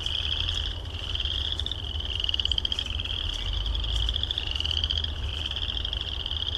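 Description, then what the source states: Frogs give steady high, rapidly pulsed trills in a thick overlapping chorus, with a low rumble in the background. Recorded at Heartland Meadows.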